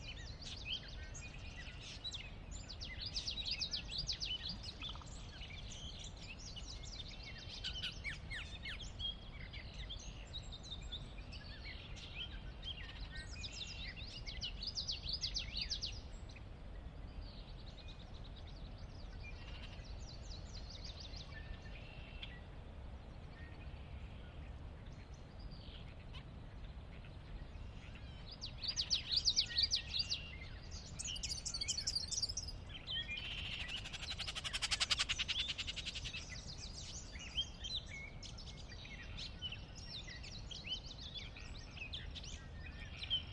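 Pre-dusk in the Sinlahekin Valley: a steady low rumble underlies near-constant bird chirps and trills, busiest in the first fifteen seconds and again around twenty-nine to thirty-one seconds. Near thirty-five seconds a brief brighter whooshing call swells and fades.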